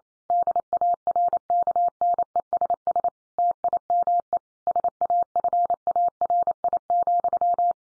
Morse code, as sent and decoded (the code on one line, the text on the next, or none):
-.. .- .-. -.- -. . ... ... / - .. -- . / ... .- ..-. .- .-. .. --..--
DARKNESS TIME SAFARI,